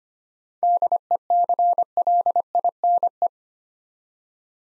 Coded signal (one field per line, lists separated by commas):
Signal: Morse code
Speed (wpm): 25 wpm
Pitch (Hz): 700 Hz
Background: none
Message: DECLINE